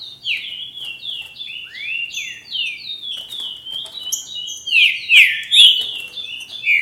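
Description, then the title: Green-winged saltator giving a dense, nearly unbroken sequence of swooping whistles. "Trinca Ferro"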